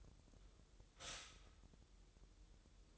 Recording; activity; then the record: daily activity, microphone in the room; stop toaster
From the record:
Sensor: 3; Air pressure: 988.6 hPa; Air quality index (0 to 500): 195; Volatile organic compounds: 300 ppm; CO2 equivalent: 4481 ppm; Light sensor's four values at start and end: 23/72/30/26 and 23/72/30/26